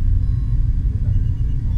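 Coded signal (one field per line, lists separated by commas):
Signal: none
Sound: sci-fi ambience sound effect beeps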